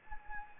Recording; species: mosquito wingbeat signal from an infrared sensor; Anopheles gambiae